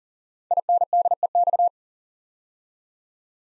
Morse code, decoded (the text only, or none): INDEX